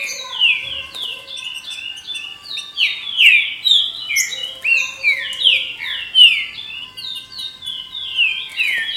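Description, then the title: Green-winged saltator singing a dense, continuous stream of rich downslurred whistles, with faint lower tones underneath. "Trinca Ferro"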